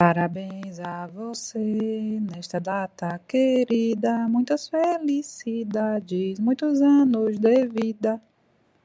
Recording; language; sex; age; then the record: short text; Brazilian Portuguese; female; 30 to 39 years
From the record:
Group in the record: control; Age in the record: 39 years